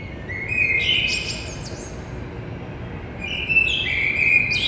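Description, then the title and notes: Common blackbird delivering two warbled phrases with scratchy high endings, separated by a short pause, against a continuous low hum of traffic. Blackbird in early morning, street side, between two windows, Grand Rond, Toulouse, France, Thursday 9 April, 6:30 am. "Un beau jour, un merle noir, côté rue. Entre mes deux fenêtres Un merle noir toulousain et matinal. jeudi 09 avril 6:30 Toulouse - Grand Rond Contributeur : Stéphane Marin"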